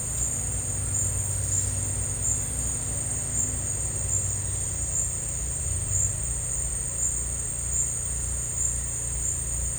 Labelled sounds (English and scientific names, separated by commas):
none